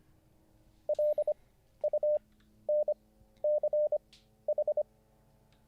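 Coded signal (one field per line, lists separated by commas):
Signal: Morse code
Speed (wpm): 25 wpm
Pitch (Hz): 600 Hz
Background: none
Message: LUNCH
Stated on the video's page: Livestreamed Morse code learning lesson.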